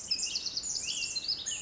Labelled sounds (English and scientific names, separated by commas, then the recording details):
Pacific Wren (Troglodytes pacificus)
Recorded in Sonoma County, California